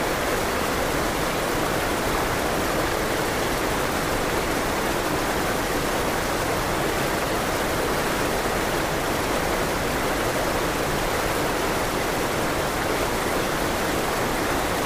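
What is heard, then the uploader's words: A forest waterfall pours in a steady, dense rush, strongest in the middle range, unchanging in level with no distinct events throughout. Calming Forest Waterfall White Noise.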